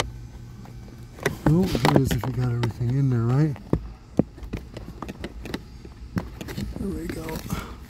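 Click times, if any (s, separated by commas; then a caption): none. On a 2021 Nissan Rogue, a new cabin air filter has been slid into the housing behind the glove box, and the plastic filter cover is being handled at the filter housing of the car's HVAC box. Someone talks while sharp taps and knocks ring out, strongest around 1.3 s and 4.2 s, with more between 4.6 and 6.2 s. The cover has not clicked into place by the end; nothing has seated yet.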